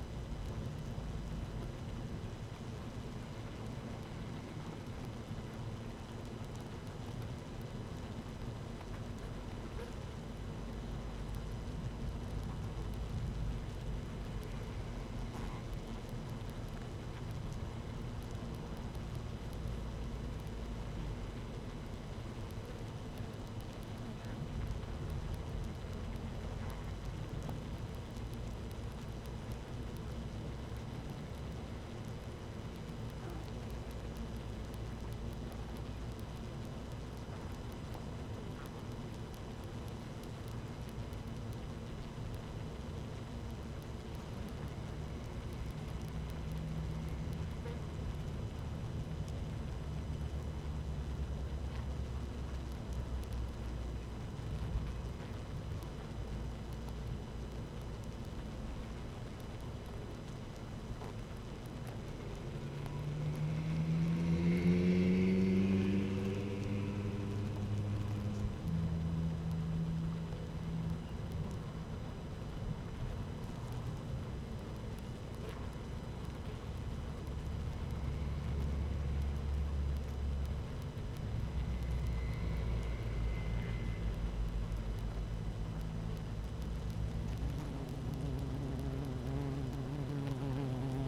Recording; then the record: honeybee colony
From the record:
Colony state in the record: active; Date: 12 June 2018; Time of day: 13:42